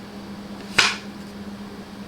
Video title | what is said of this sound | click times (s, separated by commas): Comfify Bamboo Bread Slicer - Product Review | it locks right into place | 0.8 s